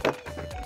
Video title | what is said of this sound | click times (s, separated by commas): All of 2020 MARVEL LEGENDS Build-a-Figure Sets PART 1 (Spider-man, Fantastic 4, Black Widow) | So that'll snap into place. | 0.1 s